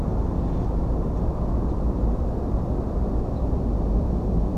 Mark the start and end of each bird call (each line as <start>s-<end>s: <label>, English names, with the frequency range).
3.35s-3.39s: Ortolan Bunting (3.5-4.2 kHz)